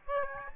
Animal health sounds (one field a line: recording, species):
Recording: mosquito wingbeat signal from an infrared sensor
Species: Aedes albopictus